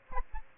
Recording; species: mosquito wingbeat signal from an infrared sensor; Aedes aegypti